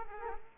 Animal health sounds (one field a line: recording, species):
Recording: mosquito wingbeat signal from an infrared sensor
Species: Culex quinquefasciatus